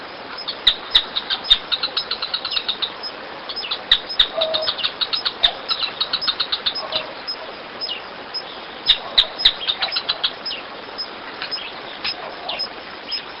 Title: LuckyPassaro Completos2Sama. Canebrake Groundcreeper (Clibanornis dendrocolaptoides)